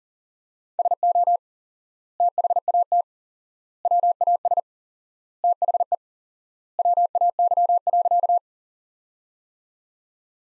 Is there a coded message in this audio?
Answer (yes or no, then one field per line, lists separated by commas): yes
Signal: Morse code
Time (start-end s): 0.8-8.4 s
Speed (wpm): 40 wpm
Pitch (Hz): 700 Hz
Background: none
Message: SO THAT WAS THE WAY.